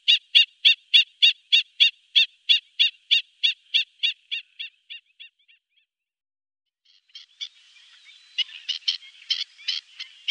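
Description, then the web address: Black-winged stilt calling: a steady train of sharp kek notes, about three per second, that fade out. After a short silence, fainter overlapping calls begin. "Faglar Sound Styltlopare"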